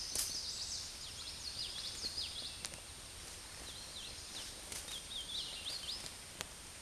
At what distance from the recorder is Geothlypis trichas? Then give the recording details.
about 15 m. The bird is about 10 m above the microphone. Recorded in a Pennsylvania forest on 16 May 2024 at 09:42. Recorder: AudioMoth, point MSD-0665. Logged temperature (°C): 16.1 °C. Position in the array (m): 78 m, 100 m